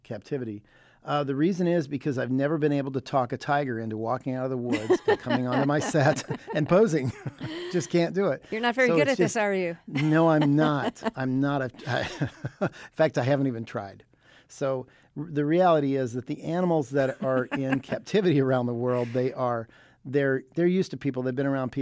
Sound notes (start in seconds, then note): 4.7 laughter; 9.9 laughter; 17.0 laughter